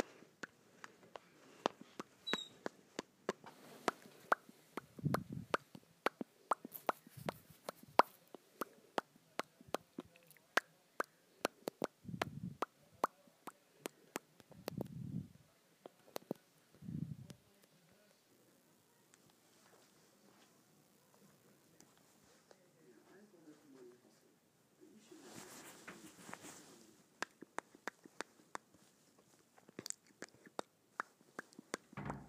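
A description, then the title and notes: Wet lip smacks and mouth clicks pop in irregular bursts, sharp and bright, some in quick runs and others spaced out. A few deeper, breathy thumps land around the middle, and a hissy rush of breath comes near the end. ASMR Smacking my Lips Together.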